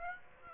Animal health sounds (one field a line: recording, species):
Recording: mosquito wingbeat signal from an infrared sensor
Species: Aedes aegypti